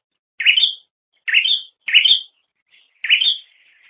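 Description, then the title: Bird chirping four times, each note a sharp upward sweep, with short uneven gaps between them. "kikicau"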